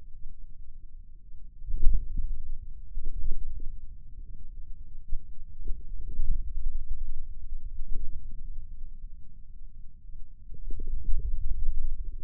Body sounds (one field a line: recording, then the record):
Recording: forearm muscle sounds (acoustic myography)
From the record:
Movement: hand closing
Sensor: system 2, bracelet of six BSWA MPA416 microphones around the upper forearm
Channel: 2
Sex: male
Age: 22 years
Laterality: right